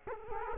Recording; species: mosquito wingbeat signal from an infrared sensor; Culex quinquefasciatus